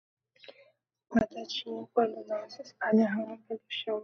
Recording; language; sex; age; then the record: short text; Brazilian Portuguese; female; 20 to 29 years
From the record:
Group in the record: control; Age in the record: 22 years